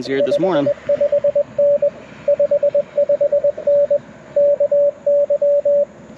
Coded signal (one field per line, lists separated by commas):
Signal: Morse code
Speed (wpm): 22 wpm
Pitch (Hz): 590 Hz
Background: speech, radio noise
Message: 55N 55N KY